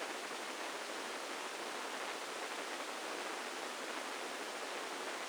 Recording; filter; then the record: brain microelectrode recording played as sound; spike band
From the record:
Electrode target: subthalamic nucleus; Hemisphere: left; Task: reaching with the right hand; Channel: 1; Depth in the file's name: 2.062 mm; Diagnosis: Parkinson's disease